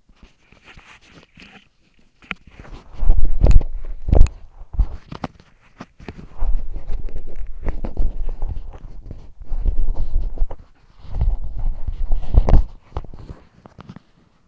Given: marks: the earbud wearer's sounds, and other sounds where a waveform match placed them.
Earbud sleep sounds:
sounds in sleep by an in-ear microphone; body movement
0.00-14.48 s: body movement

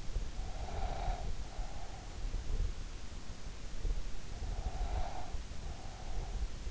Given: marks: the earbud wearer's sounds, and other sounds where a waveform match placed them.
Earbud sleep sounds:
sounds in sleep by an in-ear microphone; breath
0.15-2.29 s: breath
4.42-6.65 s: breath

